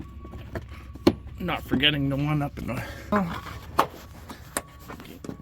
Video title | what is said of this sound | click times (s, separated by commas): Check This Before Upgrading To LED Bulbs. How To Replace Headlights The Fast Easy Way. | Hear them click into place. | 3.8 s, 4.6 s